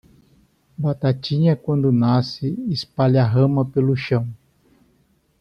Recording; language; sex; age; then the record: short text; Brazilian Portuguese; male; 60 to 69 years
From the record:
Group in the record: control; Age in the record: 64 years